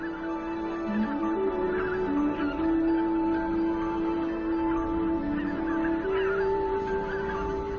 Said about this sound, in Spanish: Inmensas bandadas de gansos en busca de alimentos llaman la atención del depredador alado más grande de toda Polonia, el pigargo europeo. En su máximo apogeo, las bandadas de gansos llegan a los 60.000 individuos.